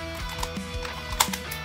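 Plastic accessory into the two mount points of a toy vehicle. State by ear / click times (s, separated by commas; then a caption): seated / 1.2 s. A plastic accessory with two attachment points is fitted into the two mount points of a toy vehicle over steady background music, with a few light taps before it snaps home with a sharp click at 1.2 s. The part is seated properly.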